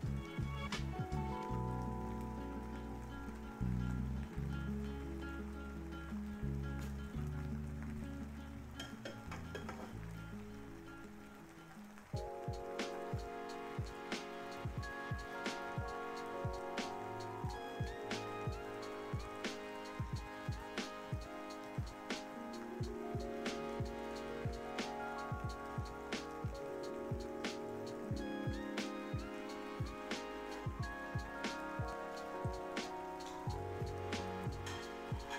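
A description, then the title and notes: Rain patters steadily throughout, with frequent crisp drops tapping a surface at an irregular but busy pace. Soft sustained low tones play underneath; the deepest ones fade out around twelve seconds, after which the drops sound sharper and more prominent over lighter melodic notes. Rainy tea time ambience. Kitchen. Light rain.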